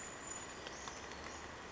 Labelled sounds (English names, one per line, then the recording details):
Brown Creeper
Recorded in Sonoma County, California